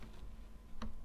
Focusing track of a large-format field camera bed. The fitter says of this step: release the top track from the bottom let go it will click into its rear position